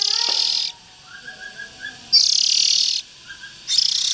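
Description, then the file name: Oriental magpie-robin harsh calls: long hissing, buzzy bursts separated by short gaps filled with soft, quick chirped notes. Young birds. "Tieng chim chich choe than non"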